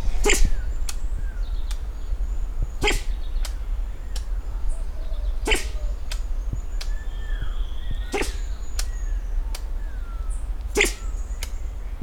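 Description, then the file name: Diademed sifaka giving sharp, sneeze-like bursts repeated about every two and a half to three seconds, with faint whistled bird notes and a low rumble underneath. Recorded at Tsinjoarivo. "Propithecus_diadema_Tsinjoarivo"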